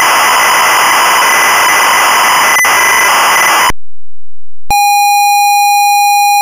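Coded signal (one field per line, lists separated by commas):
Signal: ZX Spectrum tape loading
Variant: Sinclair ZX Spectrum cassette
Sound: harsh buzzing data screech, a one-second pause, then a steady buzzy lead tone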